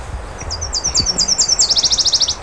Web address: Mitchell Lake. Nash Warbler